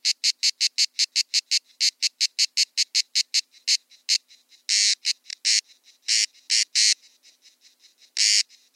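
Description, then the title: Grey cicada song: sharp, buzzy high pulses repeated rapidly, broken by a few longer, louder bursts and quieter stretches. Encounter of several grey cicadas, recorded at Buoux, Vaucluse, in June 2004. "Sylvain Jaskowiak - Animus. Rencontre de cigales grises - Buoux, Vaucluse - juin 2004"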